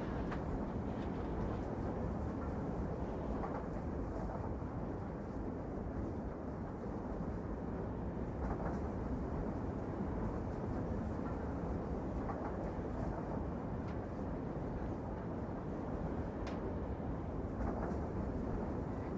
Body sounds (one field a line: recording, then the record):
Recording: background sound without coughing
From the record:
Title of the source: Train Ride Ambience ambient white noise for sleeping, focus, studying, reading